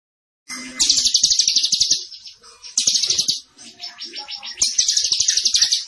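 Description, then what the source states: Zebra finch song in three phrases of quick, high rattling notes, with quieter stretches between. Master recording for training cage birds; bird described as gacor, singing vigorously.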